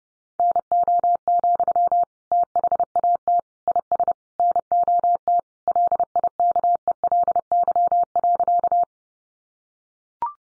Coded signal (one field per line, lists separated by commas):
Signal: Morse code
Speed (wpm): 28 wpm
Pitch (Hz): 700 Hz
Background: none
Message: NO, THAT IS NOT LIKELY.